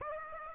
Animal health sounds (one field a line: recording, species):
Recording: mosquito wingbeat signal from an infrared sensor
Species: Aedes aegypti